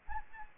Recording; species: mosquito wingbeat signal from an infrared sensor; Anopheles gambiae